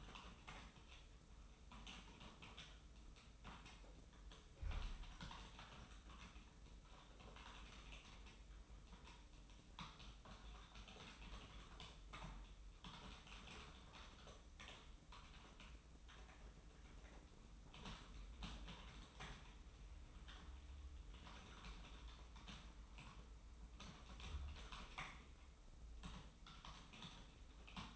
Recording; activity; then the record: daily activity, microphone in the room; typing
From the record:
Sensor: 1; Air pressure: 991.0 hPa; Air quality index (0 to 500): 126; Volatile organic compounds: 290 ppm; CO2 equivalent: 4458 ppm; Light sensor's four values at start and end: 23/55/23/25 and 23/56/23/26